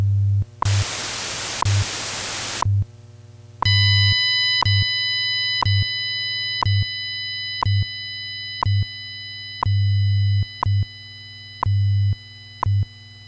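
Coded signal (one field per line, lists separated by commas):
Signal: radio time signal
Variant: WWV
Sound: two-second hiss burst, then steady high chord of tones with periodic low hum beeps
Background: radio static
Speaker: follows is a scientific modulation test for more information visit hampside.org wwv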